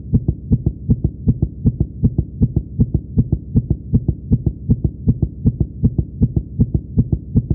Heart beat very fast.